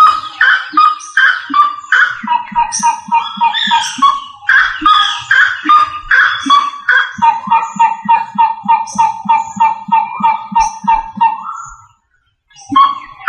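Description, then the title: Rail giving a long series of repeated notes with low pulsed undertones, briefly stopping before resuming. "LuckyFamilia RallidaeFrangoSama"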